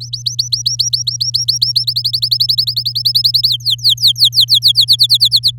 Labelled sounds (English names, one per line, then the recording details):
Domestic Canary song
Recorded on 11 May 2018 at 05:33
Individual llb16